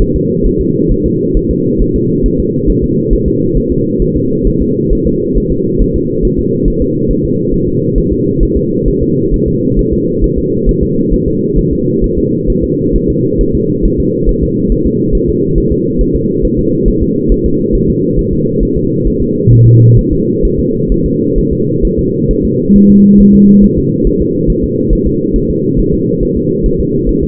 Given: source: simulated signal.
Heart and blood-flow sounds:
fetal heart sounds
0.02 s: S1
0.16 s: S2
0.46 s: S1
0.61 s: S2
0.92 s: S1
1.06 s: S2
1.37 s: S1
1.51 s: S2
1.82 s: S1
1.96 s: S2
2.26 s: S1
2.40 s: S2
2.70 s: S1
2.84 s: S2
3.13 s: S1
3.28 s: S2
3.58 s: S1
3.72 s: S2
4.02 s: S1
4.16 s: S2
4.47 s: S1
4.62 s: S2
4.93 s: S1
5.07 s: S2
5.38 s: S1
5.52 s: S2
5.82 s: S1
5.96 s: S2
6.25 s: S1
6.39 s: S2
6.68 s: S1
6.82 s: S2
7.11 s: S1
7.25 s: S2
7.54 s: S1
7.68 s: S2
7.98 s: S1
8.12 s: S2
8.43 s: S1
8.57 s: S2
8.88 s: S1
9.03 s: S2
9.34 s: S1
9.48 s: S2
9.79 s: S1
9.93 s: S2
10.24 s: S1
10.38 s: S2
10.69 s: S1
10.83 s: S2
11.14 s: S1
11.28 s: S2
11.59 s: S1
11.73 s: S2
12.04 s: S1
12.18 s: S2
12.50 s: S1
12.64 s: S2
12.96 s: S1
13.10 s: S2
13.41 s: S1
13.55 s: S2
13.85 s: S1
14.00 s: S2
14.29 s: S1
14.43 s: S2
14.72 s: S1
14.86 s: S2
15.15 s: S1
15.29 s: S2
15.58 s: S1
15.72 s: S2
16.01 s: S1
16.16 s: S2
16.45 s: S1
16.59 s: S2
16.88 s: S1
17.03 s: S2
17.32 s: S1
17.46 s: S2
17.75 s: S1
17.89 s: S2
18.19 s: S1
18.33 s: S2
18.63 s: S1
18.77 s: S2
19.07 s: S1
19.22 s: S2
19.53 s: S1
19.67 s: S2
19.99 s: S1
20.13 s: S2
20.45 s: S1
20.59 s: S2
20.92 s: S1
21.06 s: S2
21.39 s: S1
21.53 s: S2
21.85 s: S1
21.99 s: S2
22.31 s: S1
22.45 s: S2
22.76 s: S1
22.90 s: S2
23.20 s: S1
23.35 s: S2
23.64 s: S1
23.78 s: S2
24.07 s: S1
24.21 s: S2
24.50 s: S1
24.64 s: S2
24.93 s: S1
25.07 s: S2
25.36 s: S1
25.50 s: S2
25.79 s: S1
25.94 s: S2
26.23 s: S1
26.37 s: S2
26.66 s: S1
26.80 s: S2
27.09 s: S1
27.23 s: S2
From the record:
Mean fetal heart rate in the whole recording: 135 bpm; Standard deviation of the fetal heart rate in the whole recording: 3 bpm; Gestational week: 36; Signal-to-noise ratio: -11.2 dB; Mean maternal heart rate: 72 bpm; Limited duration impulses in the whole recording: present

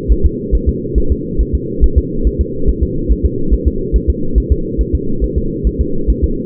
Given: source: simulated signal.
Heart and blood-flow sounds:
fetal heart sounds
0.12 s: S1
0.26 s: S2
0.55 s: S1
0.69 s: S2
0.98 s: S1
1.12 s: S2
1.41 s: S1
1.55 s: S2
1.84 s: S1
1.98 s: S2
2.27 s: S1
2.41 s: S2
2.69 s: S1
2.83 s: S2
3.12 s: S1
3.26 s: S2
3.54 s: S1
3.68 s: S2
3.96 s: S1
4.10 s: S2
4.38 s: S1
4.52 s: S2
4.81 s: S1
4.95 s: S2
5.24 s: S1
5.38 s: S2
5.67 s: S1
5.81 s: S2
6.10 s: S1
6.24 s: S2
From the record:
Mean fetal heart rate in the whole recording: 140 bpm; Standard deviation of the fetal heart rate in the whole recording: 2 bpm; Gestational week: 34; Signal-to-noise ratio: -8.1 dB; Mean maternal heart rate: 72 bpm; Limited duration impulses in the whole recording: absent

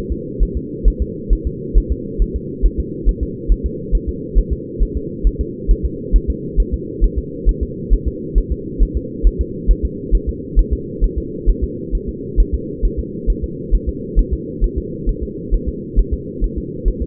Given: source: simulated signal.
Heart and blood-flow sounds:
fetal heart sounds
0.12 s: S2
0.43 s: S1
0.57 s: S2
0.88 s: S1
1.02 s: S2
1.33 s: S1
1.47 s: S2
1.78 s: S1
1.92 s: S2
2.22 s: S1
2.36 s: S2
2.66 s: S1
2.80 s: S2
3.09 s: S1
3.23 s: S2
3.52 s: S1
3.66 s: S2
3.95 s: S1
4.09 s: S2
4.38 s: S1
4.53 s: S2
4.82 s: S1
4.97 s: S2
5.27 s: S1
5.41 s: S2
5.71 s: S1
5.85 s: S2
6.16 s: S1
6.30 s: S2
6.60 s: S1
6.74 s: S2
7.04 s: S1
7.19 s: S2
7.49 s: S1
7.63 s: S2
7.93 s: S1
8.08 s: S2
8.38 s: S1
8.52 s: S2
8.82 s: S1
8.97 s: S2
9.27 s: S1
9.41 s: S2
9.71 s: S1
9.85 s: S2
10.15 s: S1
10.29 s: S2
10.59 s: S1
10.73 s: S2
11.04 s: S1
11.18 s: S2
11.50 s: S1
11.64 s: S2
11.95 s: S1
12.09 s: S2
12.40 s: S1
12.54 s: S2
12.85 s: S1
13.00 s: S2
13.30 s: S1
13.44 s: S2
13.75 s: S1
13.89 s: S2
14.19 s: S1
14.33 s: S2
14.64 s: S1
14.78 s: S2
15.09 s: S1
15.23 s: S2
15.54 s: S1
15.69 s: S2
15.99 s: S1
16.14 s: S2
16.44 s: S1
16.58 s: S2
16.88 s: S1
17.02 s: S2
From the record:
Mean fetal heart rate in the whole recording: 135 bpm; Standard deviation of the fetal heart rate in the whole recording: 3 bpm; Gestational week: 36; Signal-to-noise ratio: -4.1 dB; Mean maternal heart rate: no maternal heart sound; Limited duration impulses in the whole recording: absent

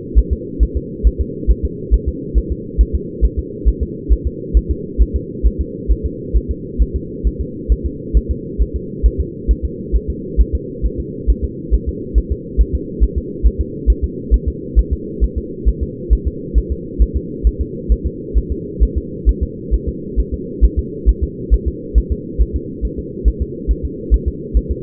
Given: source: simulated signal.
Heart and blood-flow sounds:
fetal heart sounds
0.18 s: S1
0.33 s: S2
0.63 s: S1
0.77 s: S2
1.07 s: S1
1.21 s: S2
1.50 s: S1
1.65 s: S2
1.94 s: S1
2.08 s: S2
2.38 s: S1
2.52 s: S2
2.81 s: S1
2.95 s: S2
3.25 s: S1
3.39 s: S2
3.68 s: S1
3.83 s: S2
4.12 s: S1
4.27 s: S2
4.57 s: S1
4.71 s: S2
5.01 s: S1
5.16 s: S2
5.46 s: S1
5.61 s: S2
5.91 s: S1
6.06 s: S2
6.36 s: S1
6.51 s: S2
6.82 s: S1
6.96 s: S2
7.27 s: S1
7.41 s: S2
7.72 s: S1
7.86 s: S2
8.17 s: S1
8.31 s: S2
8.61 s: S1
8.76 s: S2
9.06 s: S1
9.20 s: S2
9.51 s: S1
9.65 s: S2
9.96 s: S1
10.10 s: S2
10.41 s: S1
10.55 s: S2
10.85 s: S1
11.00 s: S2
11.30 s: S1
11.44 s: S2
11.74 s: S1
11.89 s: S2
12.18 s: S1
12.32 s: S2
12.61 s: S1
12.75 s: S2
13.03 s: S1
13.18 s: S2
13.46 s: S1
13.61 s: S2
13.90 s: S1
14.04 s: S2
14.34 s: S1
14.48 s: S2
14.79 s: S1
14.93 s: S2
15.24 s: S1
15.38 s: S2
15.68 s: S1
15.83 s: S2
16.13 s: S1
16.27 s: S2
16.58 s: S1
16.72 s: S2
17.02 s: S1
17.16 s: S2
17.47 s: S1
17.61 s: S2
17.92 s: S1
18.06 s: S2
18.38 s: S1
18.52 s: S2
18.83 s: S1
18.97 s: S2
19.29 s: S1
19.43 s: S2
19.74 s: S1
19.89 s: S2
20.19 s: S1
20.34 s: S2
20.64 s: S1
20.79 s: S2
21.09 s: S1
21.23 s: S2
21.54 s: S1
21.68 s: S2
21.98 s: S1
22.12 s: S2
22.41 s: S1
22.56 s: S2
22.85 s: S1
22.99 s: S2
23.28 s: S1
23.42 s: S2
23.71 s: S1
23.85 s: S2
24.14 s: S1
24.28 s: S2
24.57 s: S1
24.71 s: S2
From the record:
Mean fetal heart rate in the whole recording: 135 bpm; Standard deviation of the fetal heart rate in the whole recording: 3 bpm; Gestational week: 34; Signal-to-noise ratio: -4.1 dB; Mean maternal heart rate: no maternal heart sound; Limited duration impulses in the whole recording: absent

